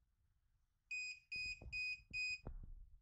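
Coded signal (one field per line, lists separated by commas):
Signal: none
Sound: vacuum robot status beeps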